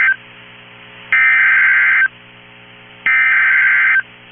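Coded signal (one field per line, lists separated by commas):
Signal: Emergency Alert System (SAME) tones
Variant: header bursts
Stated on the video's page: Civil emergency message received on a NOAA Weather Radio transmitter.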